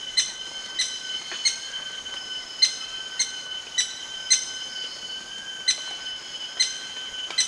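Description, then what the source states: Maroon woodpecker giving sharp, clicky call notes at uneven intervals, roughly every half second to a second and a half, over a steady high-pitched insect drone. Recorded at Danum on 1 March 2008.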